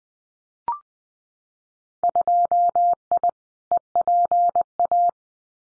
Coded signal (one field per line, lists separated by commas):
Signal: Morse code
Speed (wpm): 20 wpm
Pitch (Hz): 700 Hz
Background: none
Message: 2I EPA